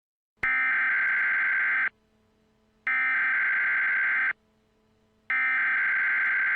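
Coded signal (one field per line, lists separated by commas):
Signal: Emergency Alert System (SAME) tones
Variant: header bursts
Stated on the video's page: Fictional mock EAS alert made for entertainment; the tones are not valid EAS tones.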